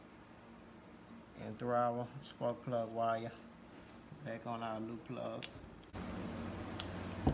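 Someone talks while getting ready to push the spark plug wire boot onto the terminal of a newly installed spark plug on a small two-stroke Echo trimmer engine, followed by brief handling noises near the end. Nothing has seated or clicked yet.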